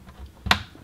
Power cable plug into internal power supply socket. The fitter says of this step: it down, and then you'll feel the actual tab click into place.